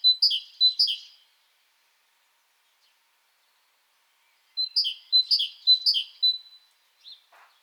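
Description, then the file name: Great tit with short bursts of repeated two-note song phrases, a few seconds of silence between them, then a couple of soft trailing notes. "Parus major"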